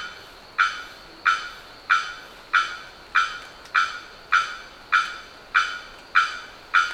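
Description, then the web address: Bearded bellbird with a steady run of about eleven sharp, resonant knocking calls spaced around two-thirds of a second apart, background otherwise faint. "sound bearded-bellbird. صدای-پرنده-زنگمرغ-ریشدار"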